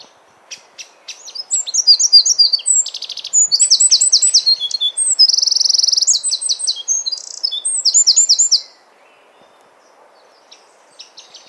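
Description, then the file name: Eurasian wren song: a loud, rapid outpouring of high, sharp notes and fast rattling trills, lasting about eight seconds, with a few faint chips before and after. "Troglodytes troglodytes"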